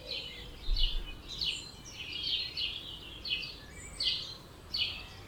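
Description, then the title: Birds singing in a dawn chorus, bright chirping and warbling phrases repeating over a low background rumble. Dawn chorus at 4 am in Oberhofen, Inntal, Austria; binaural recording meant for headphone listening. "Birds Oberhofen Inntal Austria - 4am - binaural version"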